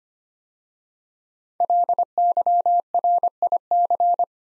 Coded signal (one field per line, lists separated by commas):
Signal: Morse code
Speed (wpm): 25 wpm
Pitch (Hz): 700 Hz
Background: none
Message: LYRIC